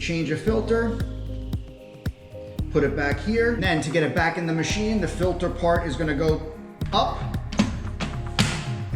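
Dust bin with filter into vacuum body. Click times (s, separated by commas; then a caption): 8.4 s. Someone talks over music while the dust bin with its internal filter is pushed filter-end up back into a Shark Cordless Pro vacuum body. Light taps and handling knocks lead up to a sharp click at 8.4 s as the bin seats into place.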